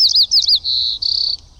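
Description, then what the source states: White-crowned Sparrow song: a few high, sweet whistled slurred notes, followed by a steady note and a buzzy trilled ending. Regional song dialect of a white-crown from Washington State.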